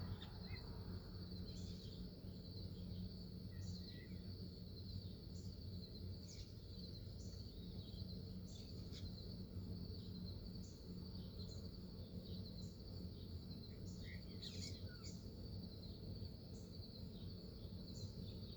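Birds and insects fill a cool early morning, heard from a window. A steady high insect buzz runs throughout, while short bird chirps and calls break in every second or two. A constant low rumble of noise sits underneath.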